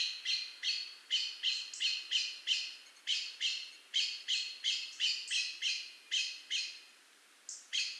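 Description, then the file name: Eurasian blackbird giving harsh, chacking calls in a long series, about three per second with short gaps, broad and scratchy, nothing else clearly heard. "Turdus merula"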